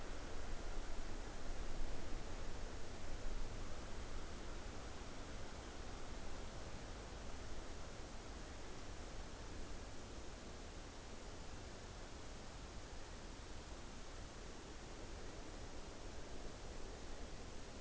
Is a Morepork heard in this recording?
no